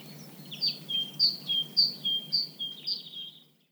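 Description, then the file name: Great tit song: a clear two-note phrase, high then lower, repeated several times at an even pace, over soft steady background noise. "Parus major"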